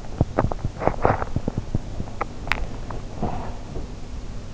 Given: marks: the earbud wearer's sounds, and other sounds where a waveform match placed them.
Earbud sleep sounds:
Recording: sounds in sleep by an in-ear microphone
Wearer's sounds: swallowing, teeth grinding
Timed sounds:
0.00-0.80 s: swallowing
0.80-1.90 s: teeth grinding
2.06-3.97 s: swallowing

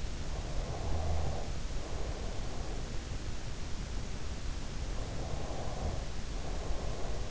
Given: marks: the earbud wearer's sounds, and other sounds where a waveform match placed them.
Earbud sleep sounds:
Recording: sounds in sleep by an in-ear microphone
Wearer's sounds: breath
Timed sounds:
0.40-2.95 s: breath
4.92-7.31 s: breath

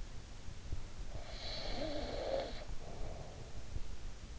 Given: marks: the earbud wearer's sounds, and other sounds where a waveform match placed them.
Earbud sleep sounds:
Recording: sounds in sleep by an in-ear microphone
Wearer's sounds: snoring breath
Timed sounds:
0.62-4.03 s: snoring breath

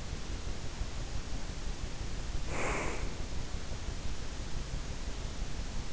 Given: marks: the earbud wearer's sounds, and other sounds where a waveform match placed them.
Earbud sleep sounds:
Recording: sounds in sleep by an in-ear microphone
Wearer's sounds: breath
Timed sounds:
2.25-3.16 s: breath

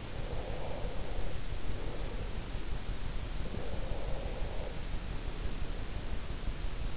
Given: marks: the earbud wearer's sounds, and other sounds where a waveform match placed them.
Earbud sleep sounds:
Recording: sounds in sleep by an in-ear microphone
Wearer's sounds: breath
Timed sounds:
0.00-2.97 s: breath
3.39-6.66 s: breath

